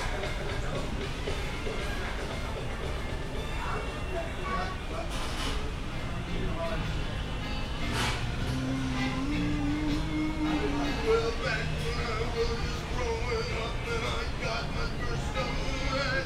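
A walk through Animal Kingdom, filled with a steady murmur of many voices over a low, continuous rumble like vehicles moving past. A brief rising tone stands out around ten seconds, with a few short louder bursts near five and eight seconds.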